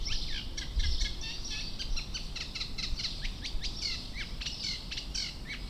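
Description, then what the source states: Eurasian reed warbler singing a steady stream of harsh, chattering notes, some repeated in twos and threes, unbroken throughout over low background rumble. Töölö park, Helsinki, 13 June 2015.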